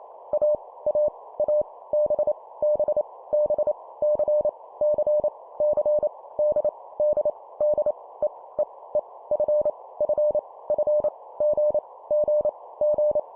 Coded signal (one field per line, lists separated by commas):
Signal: Morse code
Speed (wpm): 28 wpm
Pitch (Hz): 600 Hz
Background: none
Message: A A A B B B C C C D D D E E E F F F G G G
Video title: 25wpm Repeat three times Letter, morse code practice